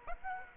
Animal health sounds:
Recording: mosquito wingbeat signal from an infrared sensor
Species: Aedes aegypti

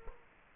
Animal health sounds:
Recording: mosquito wingbeat signal from an infrared sensor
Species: Culex quinquefasciatus

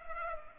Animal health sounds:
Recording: mosquito wingbeat signal from an infrared sensor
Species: Culex pipiens

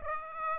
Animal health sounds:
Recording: mosquito wingbeat signal from an infrared sensor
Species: Aedes aegypti

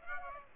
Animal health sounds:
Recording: mosquito wingbeat signal from an infrared sensor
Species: Aedes aegypti

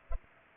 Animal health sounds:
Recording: mosquito wingbeat signal from an infrared sensor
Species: Culex pipiens

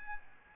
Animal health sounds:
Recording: mosquito wingbeat signal from an infrared sensor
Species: Aedes albopictus

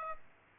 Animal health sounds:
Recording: mosquito wingbeat signal from an infrared sensor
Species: Aedes aegypti

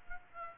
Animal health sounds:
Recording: mosquito wingbeat signal from an infrared sensor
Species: Aedes aegypti

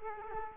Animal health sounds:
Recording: mosquito wingbeat signal from an infrared sensor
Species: Culex quinquefasciatus

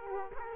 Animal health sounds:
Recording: mosquito wingbeat signal from an infrared sensor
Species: Culex quinquefasciatus

